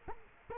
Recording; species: mosquito wingbeat signal from an infrared sensor; Culex quinquefasciatus